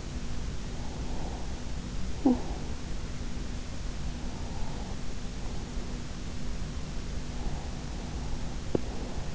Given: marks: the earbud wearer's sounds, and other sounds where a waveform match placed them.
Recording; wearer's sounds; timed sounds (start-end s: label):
sounds in sleep by an in-ear microphone; breath, talking in sleep, teeth grinding
0.64-2.69 s: breath
2.13-2.46 s: talking in sleep
4.05-5.96 s: breath
7.33-9.35 s: breath
8.54-8.92 s: teeth grinding